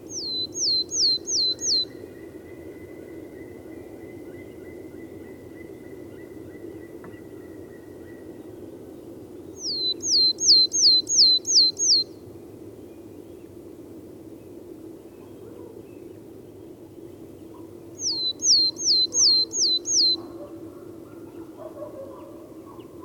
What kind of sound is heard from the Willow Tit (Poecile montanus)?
song